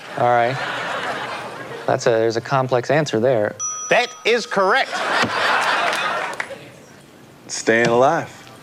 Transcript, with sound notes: All right. That's a - there's a complex answer there.
(SOUNDBITE OF BELL) That is correct.
(LAUGHTER) Staying alive.